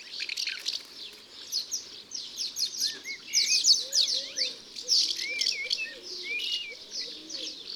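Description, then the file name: Common house martin calls: lively chattering chirrups building in the middle, mixed with short whistled slurs and soft lower warbling notes. "Hirondelle de fenetre ABC des chants doiseaux"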